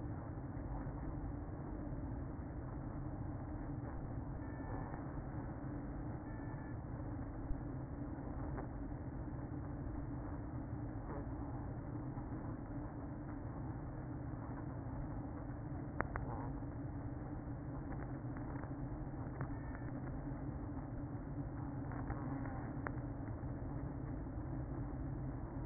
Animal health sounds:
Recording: honeybee colony, microphone inside the hive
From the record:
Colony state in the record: queen present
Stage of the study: after two queens were removed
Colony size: about 60,000 bees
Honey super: yes

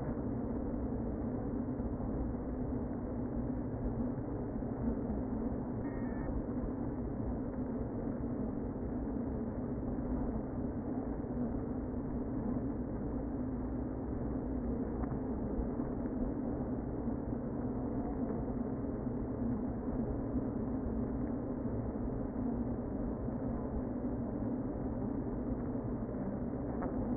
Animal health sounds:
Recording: honeybee colony, microphone inside the hive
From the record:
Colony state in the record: queen present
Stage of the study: before two queens were removed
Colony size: about 60,000 bees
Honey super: yes

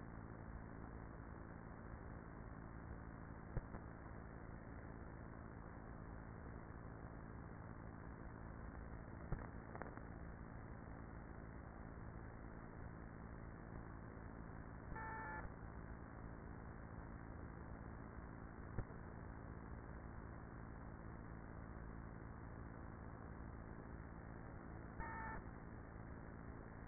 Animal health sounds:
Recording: honeybee colony, microphone inside the hive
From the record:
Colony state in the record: queenless with a low population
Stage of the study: after two queens were removed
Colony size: about 30,000 bees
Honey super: no

